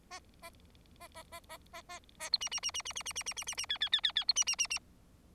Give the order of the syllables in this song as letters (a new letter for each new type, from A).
A A A A A A A A A B C C C C C C C C C C C C D D D D D B C C C C